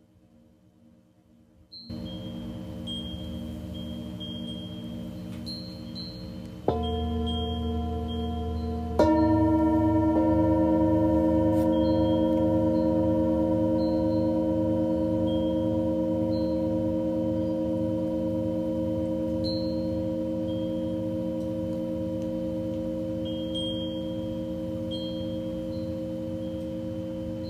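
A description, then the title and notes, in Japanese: Tibetan singing bowls ring in layered, sustained tones, struck near 2, 7 and 9 seconds, then hum steadily with slow pulsing and faint high chirps. 日蝕明けのメキシコからシンギングボウルのサウンドヒーリング。チベタンシンギングボウル #メキシコ。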